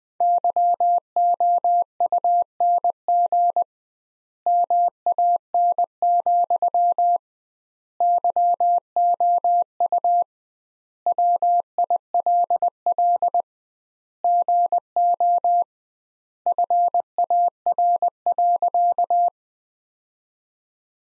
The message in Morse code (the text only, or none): YOUNG MAN, YOU WILL GO FAR.